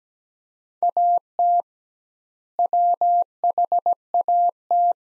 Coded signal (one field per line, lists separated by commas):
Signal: Morse code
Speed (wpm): 17 wpm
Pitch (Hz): 700 Hz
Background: none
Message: AT WHAT